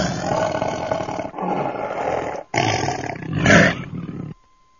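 Tiger growling: long deep rasping growls in three sustained stretches, the last swelling louder before stopping abruptly.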